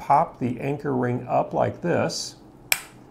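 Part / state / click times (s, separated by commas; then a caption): retractable tie-down anchor ring in a truck bed stake pocket / seated / 2.7 s. Someone talks as a metal D-ring tie-down anchor set in a truck bed stake pocket, on top of the bed rail, is popped up. A single sharp click sounds at 2.7 seconds as the retractable ring locks upright in place.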